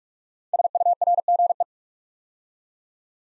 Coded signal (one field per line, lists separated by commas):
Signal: Morse code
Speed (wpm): 44 wpm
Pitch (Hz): 700 Hz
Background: none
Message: SURGE